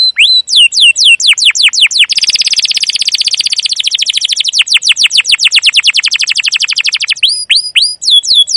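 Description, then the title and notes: Canary song, a long rapid run of high downward-sweeping notes with a dense buzzy trill in the middle, ending with slower whistled rising-falling notes. Canary song used as a lure (pancingan, masteran) to train young canaries to sing; described as gacor, long, emotional chirping. "CUIT CUIT NGEROL LANGSUNG GACOR PANJANG Kenari Ini AMPUH Utk Pancingan KENAR. PANCINGAN Kenari GACOR PANJANG Cuit CUIT EMOSI ini AMPUH utk MASTERAN Kenari PAUD belajar BUNYI. burung kenari"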